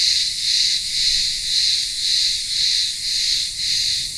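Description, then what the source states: Cicadas droning in a high, sizzling buzz that swells and fades in smooth waves about every half second. Cicadas singing in the midday heat in a village town square on the remote Greek island of Ikaria.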